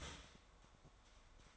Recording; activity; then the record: daily activity, microphone in the room; start toaster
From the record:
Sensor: 3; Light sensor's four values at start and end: 4/11/4/4 and 4/11/4/4